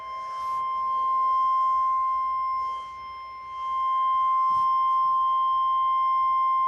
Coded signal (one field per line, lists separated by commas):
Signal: Emergency Alert System (SAME) tones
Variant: 1050 Hz attention tone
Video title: *Reupload* 8-19-20 RWT (EAS #90)